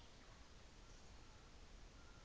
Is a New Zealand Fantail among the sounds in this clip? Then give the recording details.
no. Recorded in New Zealand on 24 December 2018. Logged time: 15:45